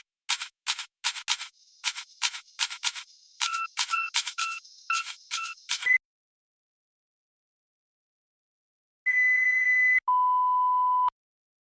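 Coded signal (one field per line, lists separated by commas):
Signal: beep code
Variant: autoclave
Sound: rapid mechanical clicks, a pause, then two steady beeps, high then low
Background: mechanical clicking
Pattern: 2 long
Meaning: The sterilization cycle has finished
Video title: Autoclave Cycle Finish Beep Sound Effect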